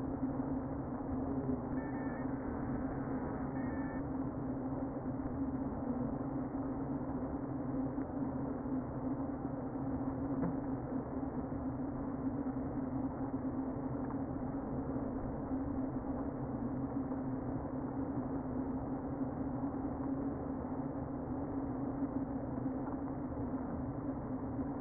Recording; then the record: honeybee colony, microphone inside the hive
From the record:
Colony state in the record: queen present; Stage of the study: before two queens were removed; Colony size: about 60,000 bees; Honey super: yes